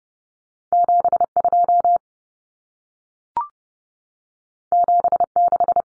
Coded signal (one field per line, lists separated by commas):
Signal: Morse code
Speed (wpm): 30 wpm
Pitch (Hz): 700 Hz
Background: none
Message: 72 76